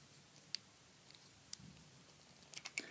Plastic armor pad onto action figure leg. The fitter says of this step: they are pretty tight on him they make a nice little snap sound when I go on them